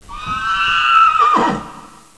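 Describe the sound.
Horse whinnying in one long, high neigh that holds steady and then breaks downward at the finish.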